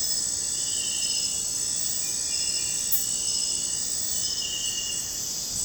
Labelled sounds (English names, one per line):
none